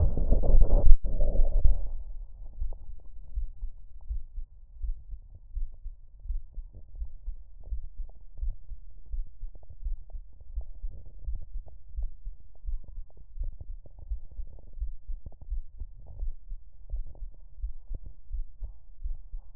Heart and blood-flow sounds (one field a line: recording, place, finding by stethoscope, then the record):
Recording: heart sounds by stethoscope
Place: tricuspid valve (TV)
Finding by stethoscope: normal heart sounds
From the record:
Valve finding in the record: tricuspid regurgitation, grade 1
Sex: female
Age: 76 years